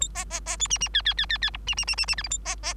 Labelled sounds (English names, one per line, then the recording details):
Bengalese Finch song
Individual Bird3